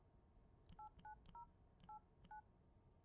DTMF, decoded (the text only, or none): 89089